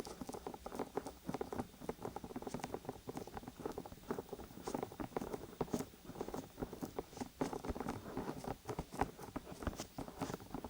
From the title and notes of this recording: ASMR Relaxing Ear Massage NO TALKING (Oil, Lotion & Peeling pack).